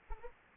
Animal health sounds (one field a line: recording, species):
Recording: mosquito wingbeat signal from an infrared sensor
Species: Anopheles arabiensis